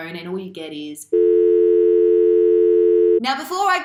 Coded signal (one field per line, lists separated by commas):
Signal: telephone call progress tone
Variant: North America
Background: speech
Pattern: dial tone